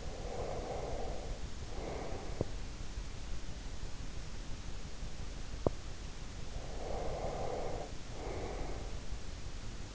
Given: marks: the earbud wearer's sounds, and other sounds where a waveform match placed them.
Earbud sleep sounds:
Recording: sounds in sleep by an in-ear microphone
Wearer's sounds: breath, teeth grinding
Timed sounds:
0.00-2.62 s: breath
2.28-2.62 s: teeth grinding
5.56-5.82 s: teeth grinding
6.54-9.31 s: breath

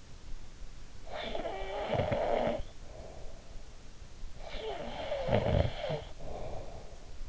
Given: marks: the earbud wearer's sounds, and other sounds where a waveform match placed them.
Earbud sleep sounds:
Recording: sounds in sleep by an in-ear microphone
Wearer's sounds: snoring breath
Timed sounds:
0.81-3.86 s: snoring breath
4.09-7.08 s: snoring breath

